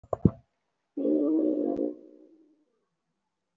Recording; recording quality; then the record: sustained vowel as in boot; poor, much background noise or distortion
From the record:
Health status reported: respiratory illness, not identified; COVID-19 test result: negative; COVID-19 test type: RT-PCR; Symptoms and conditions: cough, cold, fatigue, asthma, another respiratory illness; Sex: female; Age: 34 years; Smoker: no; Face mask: not worn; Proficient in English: no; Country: India